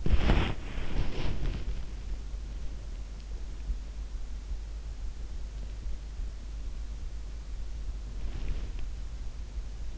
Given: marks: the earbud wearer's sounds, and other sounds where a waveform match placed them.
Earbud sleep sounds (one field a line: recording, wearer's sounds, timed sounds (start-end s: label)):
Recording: sounds in sleep by an in-ear microphone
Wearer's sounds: body movement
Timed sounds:
0.00-1.75 s: body movement
8.23-8.84 s: body movement